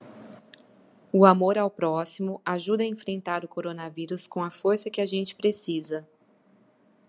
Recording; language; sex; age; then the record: spoken sentence; Brazilian Portuguese; female; 30 to 39 years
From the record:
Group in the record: control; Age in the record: 37 years